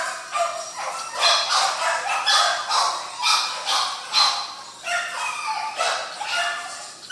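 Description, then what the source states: Dog barking, rough barks about once a second. Dogs at a kennel.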